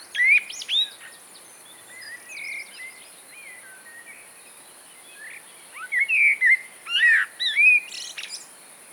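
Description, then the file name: Common blackbird song: mellow whistled phrases around the middle pitch, a short burst at the start, then a richer run of fluting notes ending in high squeaky twitters. "Mirlo comun"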